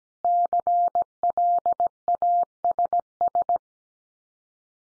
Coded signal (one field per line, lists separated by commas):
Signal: Morse code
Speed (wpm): 17 wpm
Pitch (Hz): 700 Hz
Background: none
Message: CLASS